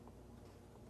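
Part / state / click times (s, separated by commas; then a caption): tonneau canister mounting clamp on truck bed rail / not seated / none. The tonneau canister mounting clamp for a Pace Edwards UltraGroove retractable hard tonneau cover is handled on the bed rail of a 2025 Chevrolet Silverado 1500, where it is slid between the third and fourth bed ribs and rotated toward its clicking position. Only a quiet, steady low rumble is heard, with a faint brief tap near 0.1 s. Nothing has seated or clicked into place yet.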